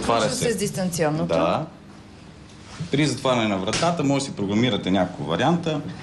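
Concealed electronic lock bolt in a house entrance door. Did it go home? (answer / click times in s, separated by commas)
no / none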